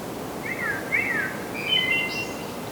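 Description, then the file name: Common blackbird with mellow, fluty warbles, two swooping phrases followed by higher, thinner whistled notes, against a constant background hiss. "Turdus merula"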